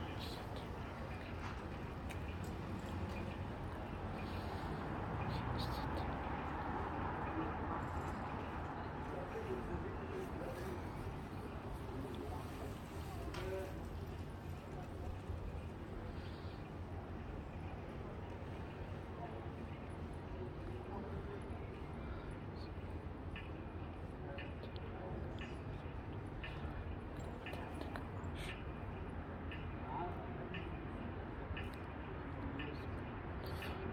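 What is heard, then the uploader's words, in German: Evening street sounds on Gumpendorfer Straße: a steady, dense wash of murmuring voices and low traffic rumble that fills the whole stretch. The crowd noise swells slightly around five seconds, and scattered clicks and clatters, possibly footsteps or hooves, recur throughout. Gumpendorfer Straße an einem Abend.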